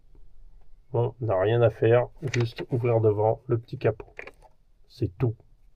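Someone talks while handling the small plastic front hood that covers the battery bay on an FMS Unimog 1/24 RC crawler truck body, moving it toward closed. The hood is handled but has not clipped shut; nothing has seated or clicked yet.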